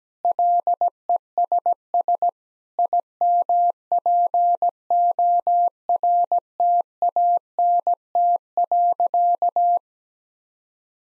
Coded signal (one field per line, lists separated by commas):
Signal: Morse code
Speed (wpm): 17 wpm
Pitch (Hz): 700 Hz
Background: none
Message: LESS IMPORTANT.